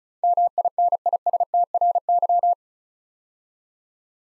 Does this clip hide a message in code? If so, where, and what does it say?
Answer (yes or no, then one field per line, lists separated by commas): yes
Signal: Morse code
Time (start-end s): 0.2-2.5 s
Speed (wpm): 36 wpm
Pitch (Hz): 700 Hz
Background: none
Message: MINISTRY